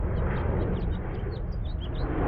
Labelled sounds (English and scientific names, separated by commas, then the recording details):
House Finch (Haemorhous mexicanus) song
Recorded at Lawrence on Long Island, New York, on 4 June 1975
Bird D